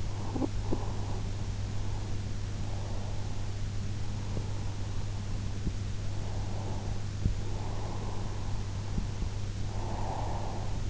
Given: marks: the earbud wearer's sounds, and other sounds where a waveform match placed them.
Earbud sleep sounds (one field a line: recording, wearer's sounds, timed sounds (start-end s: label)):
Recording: sounds in sleep by an in-ear microphone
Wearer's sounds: talking in sleep, breath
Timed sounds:
0.00-1.67 s: talking in sleep
7.31-10.90 s: breath